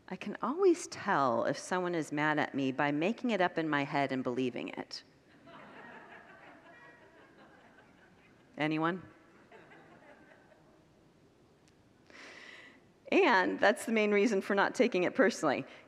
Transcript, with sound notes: “I can always tell if someone is mad at me by making it up in my head and believing it.” [Congregants laugh] Anyone? And that’s the main reason for not taking it personally.